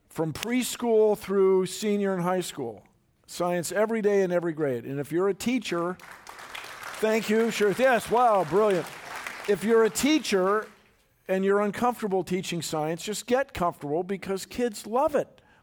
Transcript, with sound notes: from preschool through senior high school. Science every day in every grade. And if you're a teacher --
[Applause]
-- thank you. Sure, yes, wow brilliant. If you’re a teacher, and you’re uncomfortable teaching science just get comfortable because kids love it.